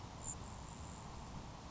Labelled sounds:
Grasshopper Sparrow (Ammodramus savannarum)
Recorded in Sonoma County, California

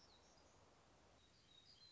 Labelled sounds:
Black-throated Gray Warbler (Setophaga nigrescens)
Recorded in Sonoma County, California

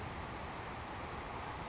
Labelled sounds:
Savannah Sparrow (Passerculus sandwichensis)
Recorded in Sonoma County, California

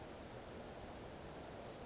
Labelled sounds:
Western Flycatcher (Empidonax difficilis)
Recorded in Sonoma County, California

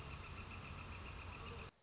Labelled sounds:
Northern Flicker (Colaptes auratus)
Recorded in Sonoma County, California

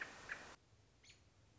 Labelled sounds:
American Robin (Turdus migratorius)
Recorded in Sonoma County, California

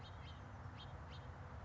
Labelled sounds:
House Finch (Haemorhous mexicanus)
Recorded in Sonoma County, California

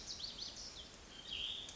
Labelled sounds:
Cassin's Vireo (Vireo cassinii)
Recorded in Sonoma County, California

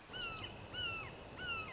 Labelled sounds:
Red-shouldered Hawk (Buteo lineatus)
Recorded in Sonoma County, California

